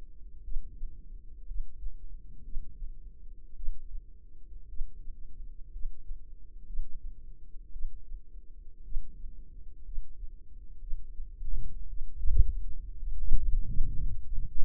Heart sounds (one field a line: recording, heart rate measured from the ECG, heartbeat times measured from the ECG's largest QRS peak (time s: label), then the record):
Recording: heart sounds by microphone in the left ear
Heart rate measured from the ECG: 58 bpm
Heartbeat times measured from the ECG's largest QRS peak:
0.43 s: heartbeat
1.46 s: heartbeat
2.43 s: heartbeat
3.55 s: heartbeat
4.67 s: heartbeat
5.71 s: heartbeat
6.65 s: heartbeat
7.71 s: heartbeat
8.83 s: heartbeat
9.84 s: heartbeat
10.79 s: heartbeat
11.88 s: heartbeat
12.98 s: heartbeat
13.92 s: heartbeat
From the record:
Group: healthy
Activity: rest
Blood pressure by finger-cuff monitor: 88/60 mmHg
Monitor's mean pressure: 69 mmHg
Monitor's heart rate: 55 bpm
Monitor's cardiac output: 4.2 L/min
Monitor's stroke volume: 74 mL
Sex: female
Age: 36 years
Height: 163 cm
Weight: 88 kg